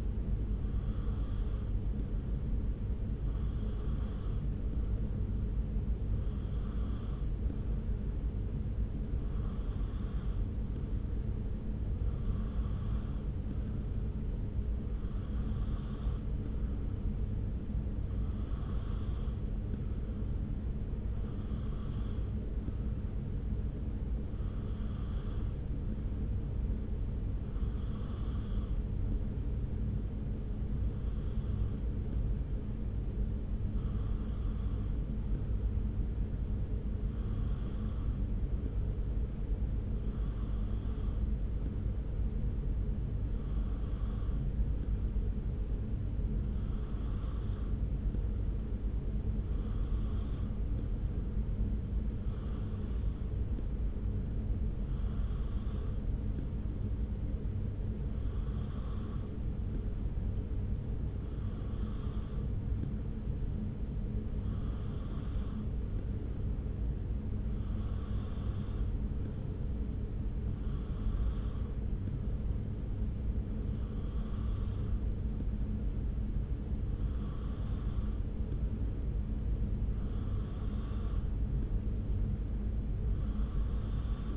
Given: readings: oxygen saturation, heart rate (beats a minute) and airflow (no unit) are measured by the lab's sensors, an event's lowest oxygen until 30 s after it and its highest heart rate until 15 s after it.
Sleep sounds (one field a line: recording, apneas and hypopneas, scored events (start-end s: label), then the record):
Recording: breathing in sleep by a smartphone at the bedside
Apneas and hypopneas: none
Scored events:
none scored
From the record:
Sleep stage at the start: N2 (light sleep)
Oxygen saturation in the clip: 92 to 93%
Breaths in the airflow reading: 31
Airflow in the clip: -0.7 to 0.8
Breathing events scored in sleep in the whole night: 335 in 6.7 hours asleep